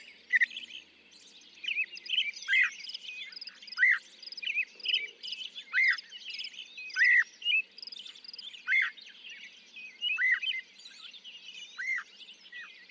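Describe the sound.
Northern mockingbird song built from a sharp down-slurred note repeated at intervals, with busy twittering phrases in between.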